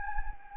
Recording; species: mosquito wingbeat signal from an infrared sensor; Anopheles gambiae